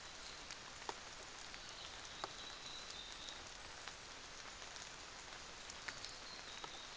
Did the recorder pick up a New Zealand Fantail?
no